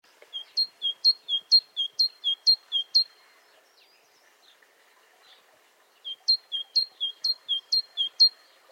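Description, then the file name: Great tit song: a clear two-note phrase, low then high, repeated briskly several times, a pause of about three seconds, then another run of several. "Parus major"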